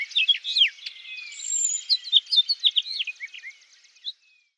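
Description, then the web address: House finch song: a lively, rambling warble of varied high chirps and slurred notes for about four seconds, ending with one final note. "birdsongforthecurious songs House Finch"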